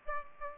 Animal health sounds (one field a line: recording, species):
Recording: mosquito wingbeat signal from an infrared sensor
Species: Aedes aegypti